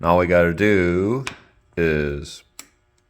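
A shrink-film plastic fish inlay piece is handled at a pocket routed into a wooden smallmouth fly box with a South Boston Toolworks router, while someone talks. A short tap is heard at 2.6 s, but the piece has not seated or clicked yet.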